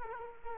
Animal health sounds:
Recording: mosquito wingbeat signal from an infrared sensor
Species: Culex quinquefasciatus

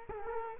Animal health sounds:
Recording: mosquito wingbeat signal from an infrared sensor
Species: Culex quinquefasciatus

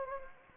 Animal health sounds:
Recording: mosquito wingbeat signal from an infrared sensor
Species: Anopheles gambiae

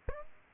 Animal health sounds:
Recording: mosquito wingbeat signal from an infrared sensor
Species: Aedes aegypti

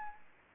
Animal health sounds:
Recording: mosquito wingbeat signal from an infrared sensor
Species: Anopheles gambiae

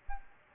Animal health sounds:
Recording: mosquito wingbeat signal from an infrared sensor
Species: Anopheles gambiae

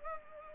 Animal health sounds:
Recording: mosquito wingbeat signal from an infrared sensor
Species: Culex pipiens

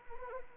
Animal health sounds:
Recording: mosquito wingbeat signal from an infrared sensor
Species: Anopheles arabiensis

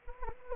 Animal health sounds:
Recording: mosquito wingbeat signal from an infrared sensor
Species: Anopheles gambiae

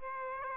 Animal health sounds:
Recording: mosquito wingbeat signal from an infrared sensor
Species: Aedes aegypti

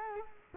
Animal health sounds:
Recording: mosquito wingbeat signal from an infrared sensor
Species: Culex quinquefasciatus

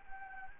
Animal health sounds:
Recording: mosquito wingbeat signal from an infrared sensor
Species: Anopheles arabiensis

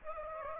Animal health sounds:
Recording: mosquito wingbeat signal from an infrared sensor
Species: Aedes aegypti

